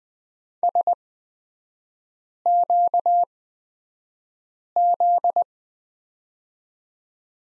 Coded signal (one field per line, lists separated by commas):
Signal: Morse code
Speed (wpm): 20 wpm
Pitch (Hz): 700 Hz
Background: none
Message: SQZ